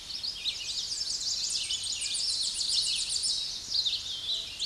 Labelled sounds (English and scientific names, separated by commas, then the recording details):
Tennessee Warbler (Leiothlypis peregrina) song
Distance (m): 15 m
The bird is about 5 m above the microphone
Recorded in a Pennsylvania forest on 16 May 2024 at 08:12
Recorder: AudioMoth, point MSD-2143
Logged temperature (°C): 16.0 °C
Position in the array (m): 69 m, 161 m